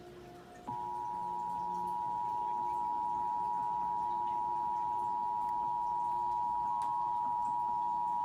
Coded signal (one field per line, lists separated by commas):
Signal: Emergency Alert System (SAME) tones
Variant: 853 and 960 Hz attention tone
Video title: Los Angeles Required Monthly Test (EAS #333-382) 7/27/21